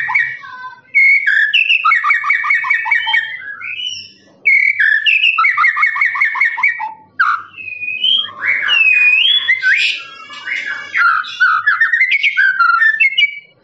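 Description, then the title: Lovebird song in long chattering trills, repeated in bursts separated by brief pauses, mixed with sharp squeaks and whistled notes. Long trilling "ngekek" song style, used as a master recording for training birds. "FULL DURASI MASTERAN LOVEBIRD NGEKEK PANJANG"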